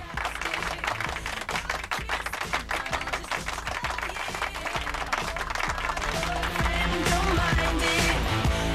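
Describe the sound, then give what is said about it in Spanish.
A crowd's ovation for tennis players Rafael Nadal, Feliciano López, David Ferrer and Fernando Verdasco fills the whole stretch: dense, crackling clapping that stays loud and steady, swelling slightly toward the end, with a low sustained tone running underneath. “Ovación cerrada desde aquí para Rafael Nadal, Feliciano López, David Ferrer y muy especialmente para el tenista madrileño Fernando Verdasco.”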